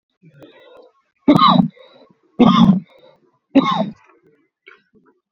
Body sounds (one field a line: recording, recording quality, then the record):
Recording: heavy voluntary cough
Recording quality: excellent, no background noise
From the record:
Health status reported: exposed to COVID-19, no respiratory illness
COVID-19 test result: not tested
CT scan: not taken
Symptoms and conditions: none ticked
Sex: male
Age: 32 years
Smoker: no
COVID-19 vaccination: none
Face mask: not worn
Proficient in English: yes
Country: India